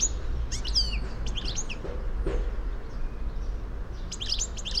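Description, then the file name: European goldfinch calls, short bursts of high tinkling chirps near the start and again at the end, separated by a quieter gap, with constant low background hum. "Carduelis carduelis"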